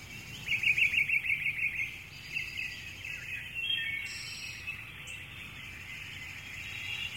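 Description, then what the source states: Birds chirping: a quick run of bright, high chirps early on, then softer scattered twittering over background noise. Early morning ambience with birds chirping.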